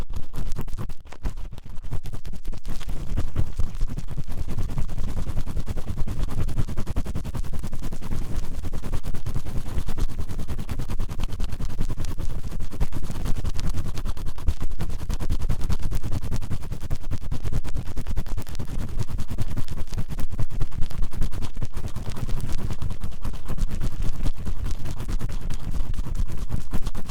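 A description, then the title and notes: Fast ear cleaning sounds fill both sides with dense, rapid scratching and rubbing that barely pauses. The texture is crackly, heaviest in the low range with bright rasping edges, holding a steady level for the whole half minute. ASMR Fast Ear Cleaning Both Ears (No Talking).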